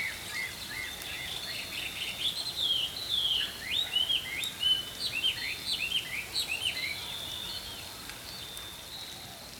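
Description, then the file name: Songbirds singing, a quiet start giving way after two seconds to a busy run of short swooping chirps and whistles from several birds, over a soft steady hiss. Early morning. "Healing Power Natural Sounds Oasis - Early Morning Songbirds"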